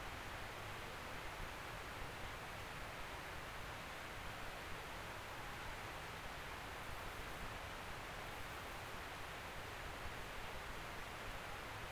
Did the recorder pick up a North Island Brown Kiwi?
no